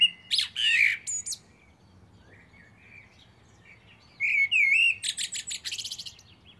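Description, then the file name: Common blackbird song with two phrases. Each has a low fluty whistle rising into high, rapid squeaky notes, separated by a quiet gap of a few seconds. "Turdus merula"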